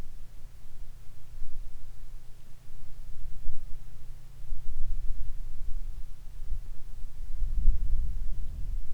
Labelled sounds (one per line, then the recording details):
rain
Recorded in the Arctic National Wildlife Refuge, Alaska, on 22 July 2019 at 15:49
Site 41